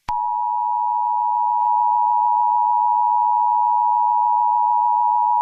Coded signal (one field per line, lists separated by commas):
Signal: Emergency Alert System (SAME) tones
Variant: 853 and 960 Hz attention tone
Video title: "The 2nd U.S. Civil War" - An EAS Scenario (#12) (Inspired by @YP_Studio-z7v)